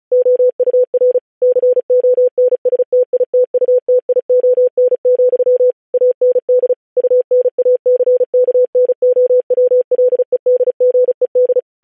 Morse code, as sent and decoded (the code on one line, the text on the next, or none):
--- ..- .-. / -.-. --- -. ... - .. - ..- - .. --- -. --..-- / .- -. -.. / ..- -. .- -.-. -.- -. --- .-- .-.. . -.. --. . -..
OUR CONSTITUTION, AND UNACKNOWLEDGED